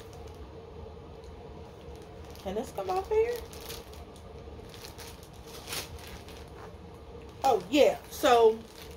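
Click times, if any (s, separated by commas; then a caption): none. Someone talks while handling a Gucci handbag, working its strap's snap fastener toward the bag body amid soft rustling and brief handling noises. Nothing has seated or clicked yet; the strap is not yet snapped into place when the clip ends.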